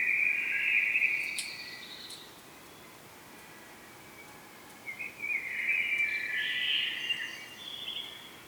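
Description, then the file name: Common blackbird singing two warbled phrases, each a few seconds long, separated by a quiet pause; faint high ticks above. "Turdus merula"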